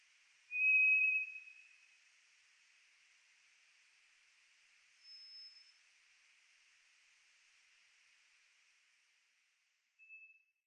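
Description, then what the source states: White's thrush song: a long, thin, steady whistle near one pitch, then a fainter, higher whistle after a pause, and a brief faint note at the end. Background quiet. Recorded 3 July 2004.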